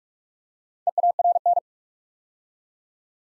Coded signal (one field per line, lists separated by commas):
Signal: Morse code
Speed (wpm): 44 wpm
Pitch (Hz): 700 Hz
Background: none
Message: EARN